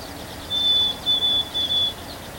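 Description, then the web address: Bird song: a thin, steady high whistle repeated three times in quick succession, over faint buzzy trills and steady background noise. 3 May 2023. "gemlog starlog audio bird song 20230503"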